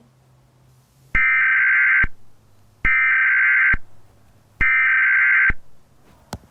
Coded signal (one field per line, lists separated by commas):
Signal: Emergency Alert System (SAME) tones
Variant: header bursts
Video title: How to make eas scenario